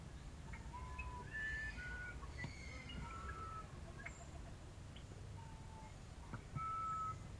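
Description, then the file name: Musician wren song: clear, pure whistled notes at shifting pitches, some held, others short, spaced irregularly over a low rumbling background. "uirapuru"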